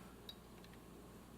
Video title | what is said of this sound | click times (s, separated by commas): All about Cassette Decks, Tapes, and Replacing Belts Starring an Aiwa WX-220 - Part 3 | yeah, it kind of locks into place when you've got it seated correctly. | 0.3 s